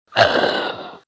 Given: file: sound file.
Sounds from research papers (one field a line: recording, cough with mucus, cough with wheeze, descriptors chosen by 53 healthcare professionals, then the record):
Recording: cough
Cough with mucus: yes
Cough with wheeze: yes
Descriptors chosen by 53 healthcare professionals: productive 31, rattling 23, moist 21, wheezy 17, loose 12, hoarse 6, barking 6, bovine 3, brassy 2, dry 1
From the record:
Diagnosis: COPD/bronchiectasis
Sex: male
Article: The description of cough sounds by healthcare professionals